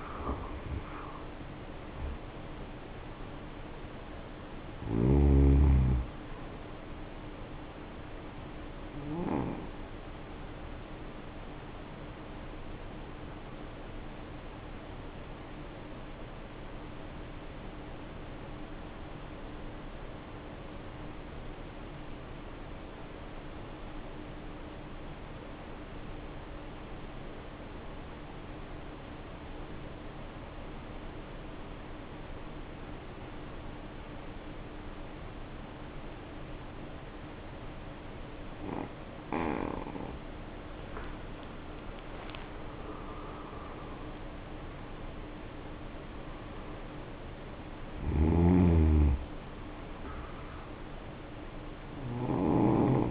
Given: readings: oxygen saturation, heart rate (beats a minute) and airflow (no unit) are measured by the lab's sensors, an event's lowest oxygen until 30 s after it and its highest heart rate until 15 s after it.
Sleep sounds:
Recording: breathing in sleep by a voice recorder at the bedside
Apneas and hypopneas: 1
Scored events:
17.00-39.00 s: obstructive apnea (N1, oxygen 94% highest, then 75% lowest, heart rate 54 at the start, 74 highest)
19.00-49.00 s: new sleep stage, N2 (light sleep)
49.00-53.11 s: new sleep stage, N1 (lightest sleep)
From the record:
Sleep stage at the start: N1 (lightest sleep)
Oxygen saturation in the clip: 77 to 94%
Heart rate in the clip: 50 to 74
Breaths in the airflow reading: 7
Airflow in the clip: -9.9 to 10.9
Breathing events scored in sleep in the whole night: 520 in 7.2 hours asleep

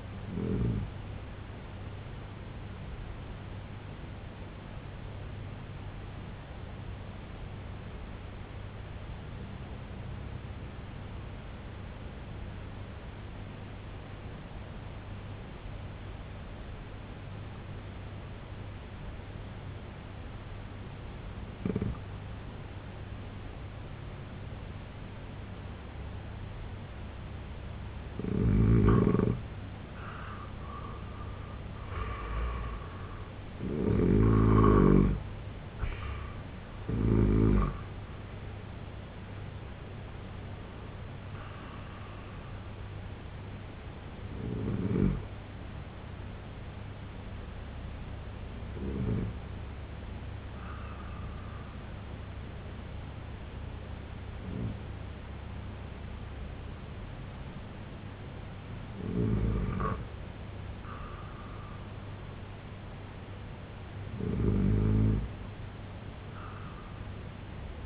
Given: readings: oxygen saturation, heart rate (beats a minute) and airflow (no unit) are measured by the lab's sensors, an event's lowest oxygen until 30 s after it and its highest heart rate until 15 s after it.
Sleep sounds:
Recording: breathing in sleep by a voice recorder at the bedside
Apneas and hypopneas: 2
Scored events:
4.00-67.86 s: new sleep stage, N2 (light sleep)
5.00-30.00 s: obstructive apnea (N2, oxygen 96% highest, then 85% lowest, heart rate 67 at the start, 88 highest)
46.00-61.00 s: hypopnea (N2, oxygen 95% highest, then 91% lowest, heart rate 74 at the start, 82 highest)
From the record:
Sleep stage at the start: N1 (lightest sleep)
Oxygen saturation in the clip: 83 to 96%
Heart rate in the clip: 65 to 88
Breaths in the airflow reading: 11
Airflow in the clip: -7.2 to 8.0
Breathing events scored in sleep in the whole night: 258 in 7.4 hours asleep

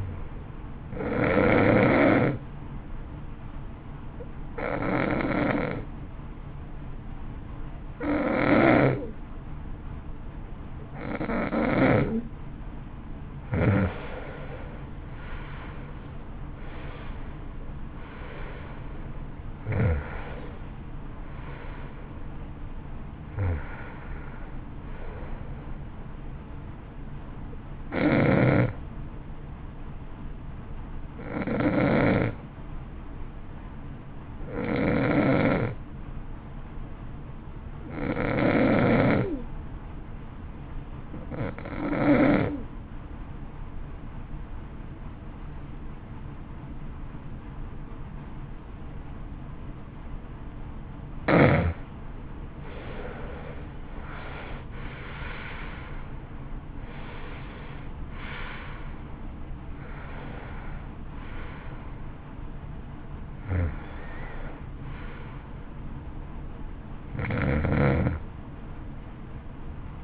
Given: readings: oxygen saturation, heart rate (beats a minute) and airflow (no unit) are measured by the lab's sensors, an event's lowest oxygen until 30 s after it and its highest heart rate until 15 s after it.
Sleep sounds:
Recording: breathing in sleep by a smartphone at the bedside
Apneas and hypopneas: 2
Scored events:
3.00-14.40 s: hypopnea (N2, oxygen 90% highest, then 87% lowest, heart rate 60 at the start, 64 highest)
30.00-51.40 s: hypopnea (N2, oxygen 94% highest, then 82% lowest, heart rate 53 at the start, 66 highest)
From the record:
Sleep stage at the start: N2 (light sleep)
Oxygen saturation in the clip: 83 to 94%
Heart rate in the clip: 52 to 66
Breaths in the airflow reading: 18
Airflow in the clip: -18.0 to 16.4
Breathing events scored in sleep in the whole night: 328 in 6.3 hours asleep

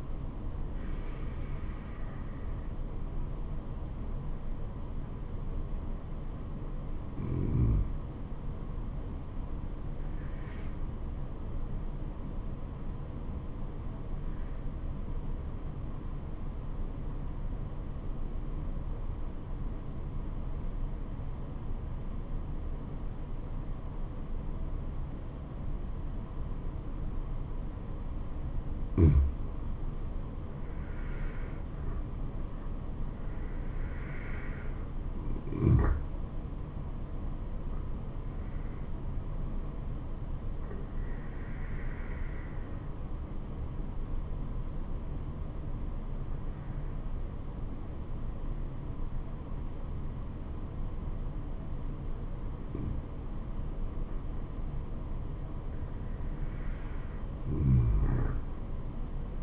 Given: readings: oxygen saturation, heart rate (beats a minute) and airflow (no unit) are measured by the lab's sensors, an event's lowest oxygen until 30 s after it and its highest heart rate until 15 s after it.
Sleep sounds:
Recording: breathing in sleep by a smartphone at the bedside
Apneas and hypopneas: 2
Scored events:
11.00-31.20 s: obstructive apnea (N1, oxygen 96% highest, then 89% lowest, heart rate 74 at the start, 75 highest)
42.00-55.40 s: obstructive apnea (N1, oxygen 94% highest, then 93% lowest, heart rate 72 at the start, 81 highest)
58.00-59.43 s: new sleep stage, N2 (light sleep)
From the record:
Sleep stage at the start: N1 (lightest sleep)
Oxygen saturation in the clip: 89 to 97%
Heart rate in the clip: 66 to 81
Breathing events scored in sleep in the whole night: 426 in 7.4 hours asleep

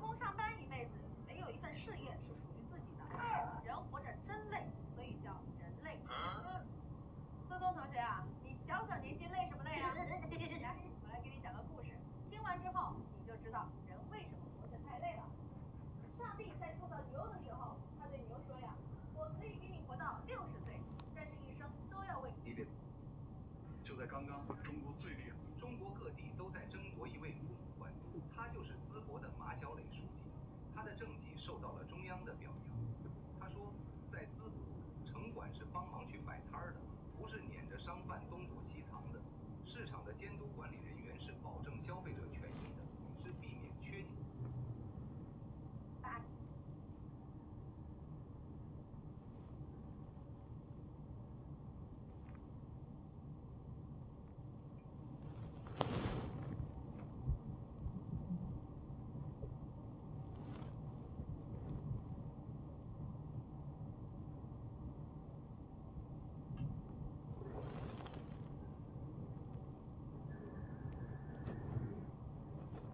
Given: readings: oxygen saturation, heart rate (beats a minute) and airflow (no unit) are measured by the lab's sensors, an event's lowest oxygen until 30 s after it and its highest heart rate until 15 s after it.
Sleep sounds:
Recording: a person awake in a sleep study, by a smartphone at the bedside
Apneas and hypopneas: none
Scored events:
0.00-72.94 s: awake
From the record:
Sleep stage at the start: awake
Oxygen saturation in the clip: 92 to 95%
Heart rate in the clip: 58 to 82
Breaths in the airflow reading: 15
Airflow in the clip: -7.5 to 8.1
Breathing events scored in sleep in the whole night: 263 in 5.5 hours asleep

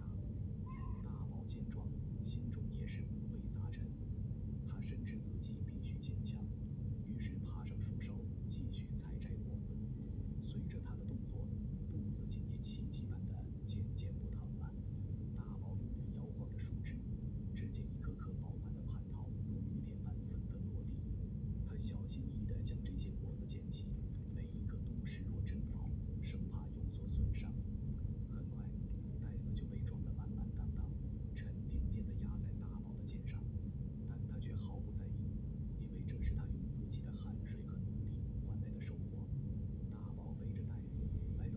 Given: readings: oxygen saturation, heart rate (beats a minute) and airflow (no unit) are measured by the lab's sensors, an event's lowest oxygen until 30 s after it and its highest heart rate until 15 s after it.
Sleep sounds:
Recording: a person awake in a sleep study, by a smartphone at the bedside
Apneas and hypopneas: none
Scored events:
0.00-41.57 s: awake
From the record:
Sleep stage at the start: awake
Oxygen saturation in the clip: 94 to 96%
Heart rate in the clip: 65 to 73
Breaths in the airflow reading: 8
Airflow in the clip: -3.7 to 5.3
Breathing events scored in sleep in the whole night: 131 in 7.2 hours asleep

